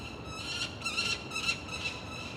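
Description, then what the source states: Falcon calls, several shrill, harmonic squealing notes over steady background noise. Falcons at a cathedral.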